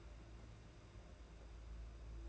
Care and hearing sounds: daily activity, microphone in the room; place on stove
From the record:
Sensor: 2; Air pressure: 991.8 hPa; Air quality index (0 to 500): 233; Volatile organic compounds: 1000 ppm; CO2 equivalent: 7812 ppm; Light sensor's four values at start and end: 18/58/22/21 and 18/58/22/21

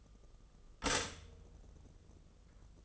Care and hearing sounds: daily activity, microphone in the room; stop toaster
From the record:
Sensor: 4

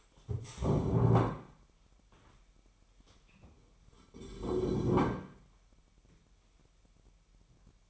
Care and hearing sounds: daily activity, microphone in the room; stand up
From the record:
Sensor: 1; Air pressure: 998.5 hPa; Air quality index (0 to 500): 118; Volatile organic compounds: 3 ppm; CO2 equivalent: 1407 ppm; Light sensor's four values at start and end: 8/19/8/9 and 8/20/8/10

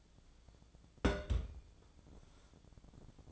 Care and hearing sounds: daily activity, microphone in the room; place on stove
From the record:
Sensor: 5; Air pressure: 1000.1 hPa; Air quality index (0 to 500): 95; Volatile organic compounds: 1 ppm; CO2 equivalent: 776 ppm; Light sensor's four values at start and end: 344/817/352/394 and 350/824/358/401

